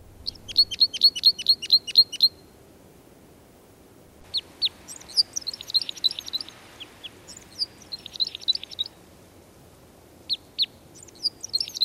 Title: Viikon luontoääni: Pikkukäpylintu